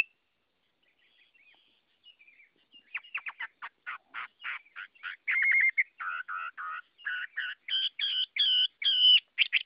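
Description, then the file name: Chinese hwamei song that begins faintly, then builds into rapid chattering notes and varied whistled phrases rising in pitch toward the end. Song described as 'giọng rừng', the forest-voice style. "Tieng hoa mi hot giong rung"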